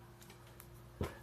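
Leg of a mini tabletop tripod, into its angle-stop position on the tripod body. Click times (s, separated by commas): 0.6 s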